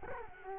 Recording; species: mosquito wingbeat signal from an infrared sensor; Culex quinquefasciatus